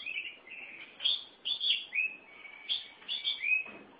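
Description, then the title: Oriental magpie-robin delivering sweet whistles with rising and falling slurs, repeated in short phrases with little pause between them. "Suara Kicauan Burung Kacer Durasi Panjang"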